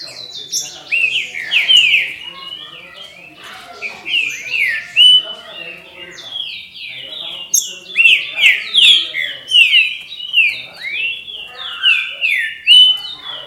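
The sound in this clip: Green-winged saltator: dense whistled song, strings of descending slurred notes, with faint chirps beneath.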